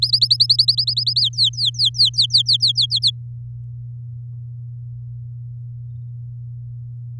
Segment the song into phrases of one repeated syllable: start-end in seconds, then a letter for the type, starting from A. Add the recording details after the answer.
0.02-1.21 A, 1.22-2.86 B, 2.90-3.10 C. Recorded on 6 May 2018 at 07:47. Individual llb16